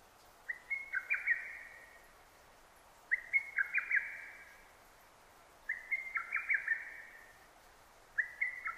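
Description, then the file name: Lesser cuckoo song of loud, quick whistled note bursts, each phrase tumbling slightly downward, repeated roughly every two and a half seconds; a fourth phrase starts as it ends. Recorded 6 June 2009. "hototogisu 20090606"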